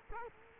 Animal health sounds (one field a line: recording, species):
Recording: mosquito wingbeat signal from an infrared sensor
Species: Culex quinquefasciatus